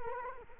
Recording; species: mosquito wingbeat signal from an infrared sensor; Culex quinquefasciatus